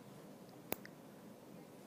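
A metal hoop earring, three grams per ear, is held about three inches from a microphone and its hinged lock-off clasp is snapped closed into the hoop to demonstrate the click. A sharp, bright click sounds at 0.7 s, followed by a fainter tick at 0.85 s, over a quiet background. The clasp seats closed and the earring is judged sturdy.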